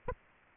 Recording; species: mosquito wingbeat signal from an infrared sensor; Aedes aegypti